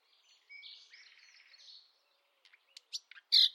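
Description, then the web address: Soft bird warbling with a faint trill, then scattered short chirps building to a louder burst at the end. "Bird Only"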